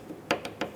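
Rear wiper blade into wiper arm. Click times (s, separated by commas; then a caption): 0.3 s. A new rear wiper blade for a 2014-2019 Toyota Highlander is inserted into the wiper arm and twisted down until it locks in place. A sharp, bright click at 0.3 s marks the blade seating, followed by two quieter clicks at about 0.5 s and 0.6 s. The blade is locked onto the arm.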